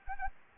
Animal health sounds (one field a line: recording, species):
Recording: mosquito wingbeat signal from an infrared sensor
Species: Anopheles arabiensis